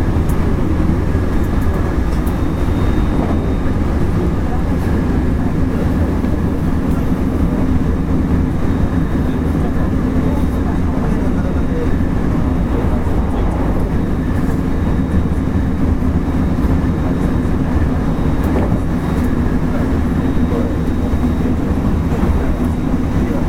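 Running sound of a 225 series electric train on a JR Kobe Line special rapid service. A steady, dense low rumble and hum fills all 23 seconds, with a faint mid tone and occasional light rattles and clicks over the constant drone.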